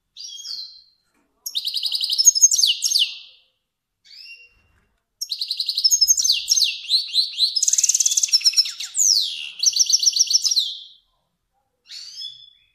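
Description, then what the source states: Finch delivering long, varied phrases of rapid buzzy trills, rolling rattles and falling slurs, with brief short notes between. Kermani finch.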